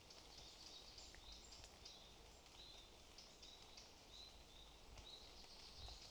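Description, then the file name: Marsh tit giving brief, faint high call notes, several spaced through the middle, against constant background noise. "Poecile palustris"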